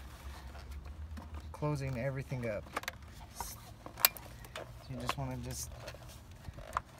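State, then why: Seated. After the fusible alternator link on a 2008-2011 Toyota Corolla is replaced, the plastic fuse box cover is pressed back onto the engine bay fuse block while someone talks. Light handling clicks and rustles are heard before a sharp snap at 6.8 s as the cover seats in place.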